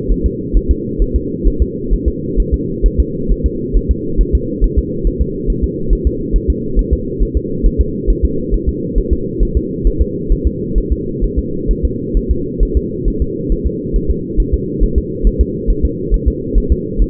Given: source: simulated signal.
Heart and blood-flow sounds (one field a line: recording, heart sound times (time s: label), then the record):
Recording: fetal heart sounds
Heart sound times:
0.12 s: S1
0.26 s: S2
0.57 s: S1
0.71 s: S2
1.02 s: S1
1.16 s: S2
1.47 s: S1
1.62 s: S2
1.94 s: S1
2.08 s: S2
2.40 s: S1
2.54 s: S2
2.86 s: S1
3.00 s: S2
3.31 s: S1
3.46 s: S2
3.77 s: S1
3.91 s: S2
4.21 s: S1
4.35 s: S2
4.64 s: S1
4.78 s: S2
5.07 s: S1
5.22 s: S2
5.50 s: S1
5.64 s: S2
5.93 s: S1
6.07 s: S2
6.36 s: S1
6.50 s: S2
6.79 s: S1
6.93 s: S2
7.22 s: S1
7.37 s: S2
7.66 s: S1
7.81 s: S2
8.10 s: S1
8.25 s: S2
8.54 s: S1
8.69 s: S2
8.98 s: S1
9.13 s: S2
9.43 s: S1
9.57 s: S2
9.87 s: S1
10.02 s: S2
10.32 s: S1
10.47 s: S2
10.78 s: S1
10.92 s: S2
11.24 s: S1
11.39 s: S2
11.71 s: S1
11.85 s: S2
12.17 s: S1
12.31 s: S2
12.63 s: S1
12.77 s: S2
13.08 s: S1
13.22 s: S2
13.52 s: S1
13.67 s: S2
13.96 s: S1
14.11 s: S2
14.40 s: S1
14.54 s: S2
14.83 s: S1
14.98 s: S2
15.27 s: S1
15.41 s: S2
15.70 s: S1
15.85 s: S2
16.14 s: S1
16.28 s: S2
16.58 s: S1
16.72 s: S2
17.02 s: S1
From the record:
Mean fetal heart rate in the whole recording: 135 bpm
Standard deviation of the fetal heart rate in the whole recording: 3 bpm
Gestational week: 36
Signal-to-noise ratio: -6.6 dB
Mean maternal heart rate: 72 bpm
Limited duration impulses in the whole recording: present